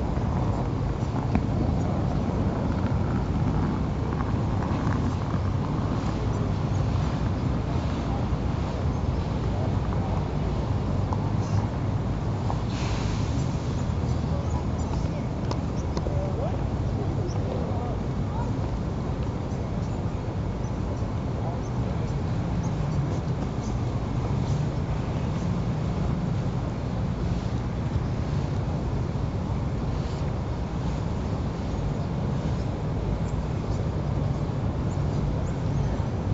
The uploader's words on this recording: Each segment is layered on the other to "compress" the recording into a total of 5 minutes. A total of 12 tracks were produced and layered. Minimal mixing and no effects. Recording of sounds at the Cannon plaza at Pratt Institute on February 24, 2017 between 3:30 and 4:40pm.